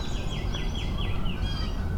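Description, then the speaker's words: Baltimore Oriole song, a run of several clear whistled downslurred notes, with a low rumbling background. A second Baltimore Oriole heard after a first. "It's a Baltimore Oriole. And another Baltimore Oriole."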